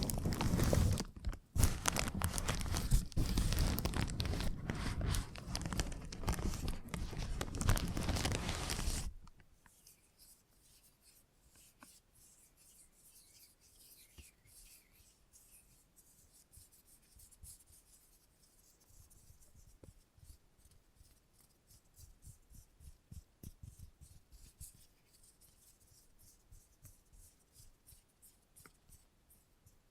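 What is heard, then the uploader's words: Salon head massage and haircut sounds: for the first nine seconds, loud, dense rubbing and scratching fills everything. It then drops abruptly to a much quieter stretch of soft rubs and light, irregular ticks and snips, with small swells in loudness around 20 and 24 seconds. Salon Haircut Head Massage, Scissors and Clipper.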